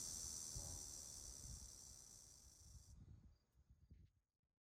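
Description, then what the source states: Cicada's high, hissing buzz runs for about three seconds and then cuts off abruptly, leaving faint low rustling that fades to quiet. Recorded in summer.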